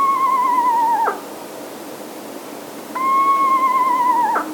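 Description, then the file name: Eastern Screech Owl, two even, quavering monotone trills, each sagging briefly in pitch before stopping, over a faint steady hiss. "Eastern Screech Owl - Megascops asio"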